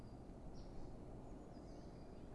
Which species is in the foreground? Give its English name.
Eurasian Blue Tit